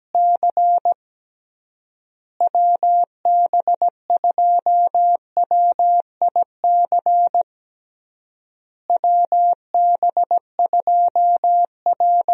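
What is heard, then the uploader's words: A single steady mid-pitched tone keys on and off in Morse code, with short dots and longer dashes forming clear groups. Three bursts of code are separated by silent gaps near two and nine seconds, and nothing else is heard. USA Call Signs - 6 Characters - Repeated 3x - 17wpm. First, the call sign is sent three times in Morse code. Finally, it is sent again in More code.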